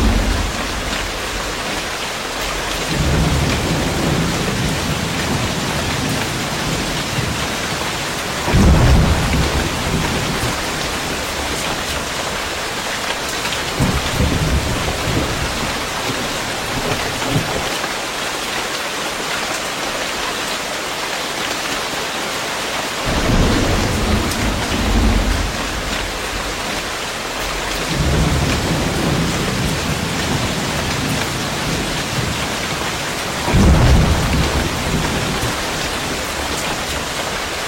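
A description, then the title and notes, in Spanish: Heavy rain pours steadily outside the windows, a dense, even hiss that never lets up. Low rolling rumbles of thunder swell several times, with sharper cracks near 8 and 33 seconds standing out above the downpour. La lluvia fuera de las ventanas. Sonido De Lluvia.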